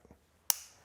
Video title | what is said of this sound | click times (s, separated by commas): Scissor Haircut - Art of Reduction | always making sure you hear that that nice little click if you don't hear that | 0.5 s